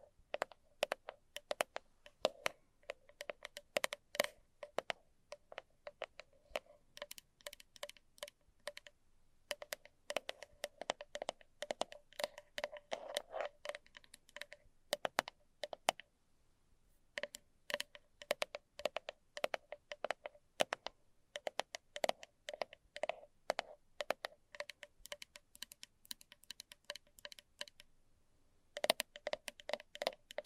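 Fast, light tapping like keyboard typing, dense bursts of crisp clicks with short pauses near 9, 16 and 28 seconds.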